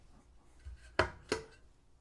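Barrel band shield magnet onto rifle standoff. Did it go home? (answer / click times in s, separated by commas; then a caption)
yes / 1.0 s. The magnet system of an F Class Products Hover Mirage band shield for a rifle barrel is pressed onto its standoff and snaps into place with a sharp click at 1.0 s, followed by a softer tap at 1.3 s. The band shield is seated on the standoff.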